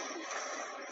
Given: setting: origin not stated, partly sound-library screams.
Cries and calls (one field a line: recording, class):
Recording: one-second piece from a danger detection set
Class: woman in danger